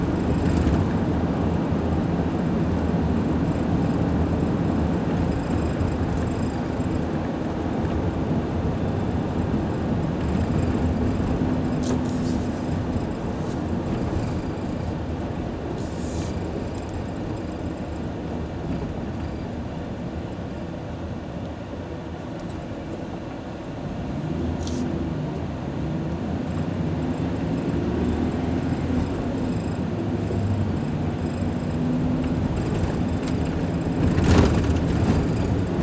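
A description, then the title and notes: Steady road noise from inside a car on the highway, a dense low rumble and hum that holds at a constant level throughout. Around the middle it eases slightly, then builds again, with a few brief bright clicks and knocks near twelve, sixteen, twenty-five and thirty-five seconds. Travel with me from Central Phoenix to my office in Chandler, Arizona. It’s mostly highway so great amount of ambient sounds coming from the road in my Ford F-150 pickup truck. The occasional turn signal or lane-change signal as I turn to get on the freeway or change lanes throughout my morning commute.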